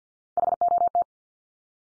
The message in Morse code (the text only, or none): HOT